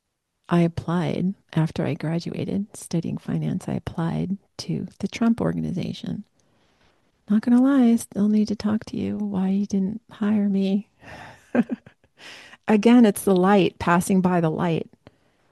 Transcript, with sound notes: I applied after I graduated, studying finance, I applied to the Trump Organization.Not gonna lie, I still need to talk to you, why you didn't hire me. (laughs) Again, it's the light, passing by the light.